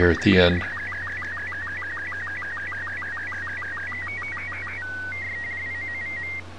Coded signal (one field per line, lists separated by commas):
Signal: SSTV (slow-scan television)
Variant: Robot 36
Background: speech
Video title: 03 SSTV Part 3 Finding images, preparing them for SSTV